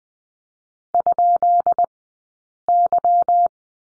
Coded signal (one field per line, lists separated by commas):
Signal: Morse code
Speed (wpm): 20 wpm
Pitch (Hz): 700 Hz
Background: none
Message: ?Y